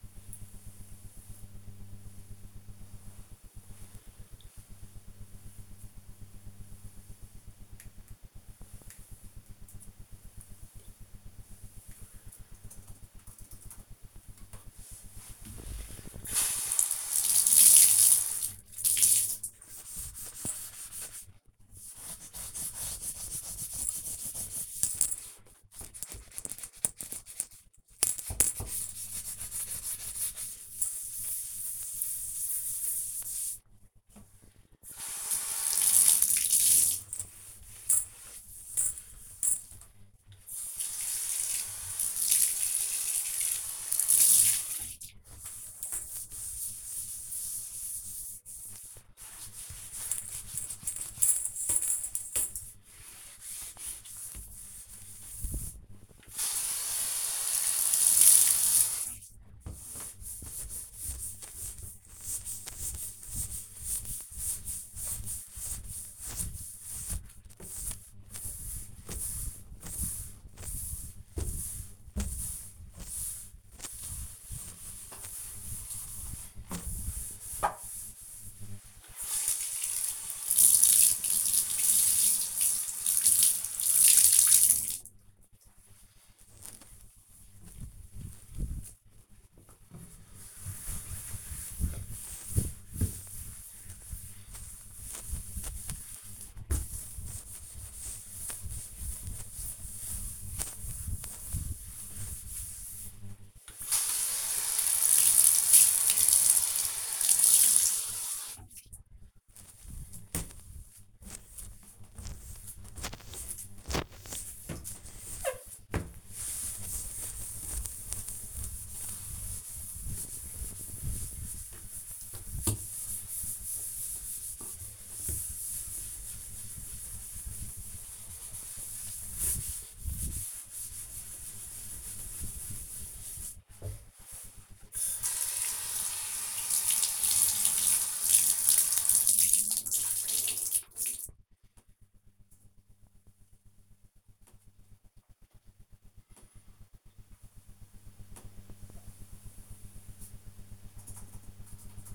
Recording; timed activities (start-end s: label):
household activities, microphone on the right wrist
14.33-140.16 s: bathroom cleaning (bathtub)